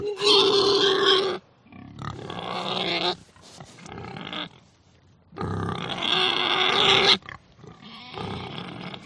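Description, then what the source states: Pigs giving long, loud, harsh squeals in two main bouts, with lower grunting between them. Agitated, crazed pigs.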